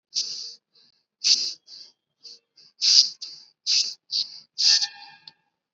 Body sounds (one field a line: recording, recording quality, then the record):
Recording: deep breathing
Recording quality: excellent, no background noise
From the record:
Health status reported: COVID-19 positive, mild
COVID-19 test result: positive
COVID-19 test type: RT-PCR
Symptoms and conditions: cough, fever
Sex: female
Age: 65 years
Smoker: no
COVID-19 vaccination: both doses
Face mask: worn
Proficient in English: yes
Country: India